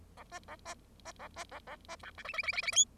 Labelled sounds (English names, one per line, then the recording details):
Bengalese Finch song
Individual Bird0